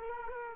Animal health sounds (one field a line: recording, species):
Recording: mosquito wingbeat signal from an infrared sensor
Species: Culex quinquefasciatus